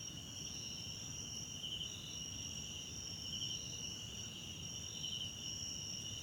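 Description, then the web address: Constant high-pitched cricket trilling with slow recurring swells, otherwise an unbroken night chorus. Background crickets at night in a wetland park at Kosi Forest Lodge, South Africa. "Tonschliff - SOUTH AFRICAN CRICKETS BG South Africa Wetland Park Kosi Forest Lodge Night"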